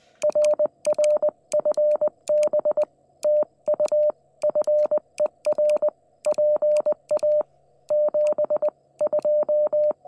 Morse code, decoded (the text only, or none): RR FB TU FER PA 72